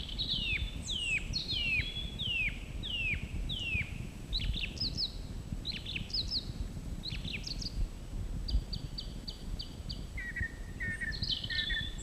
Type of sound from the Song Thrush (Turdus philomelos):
song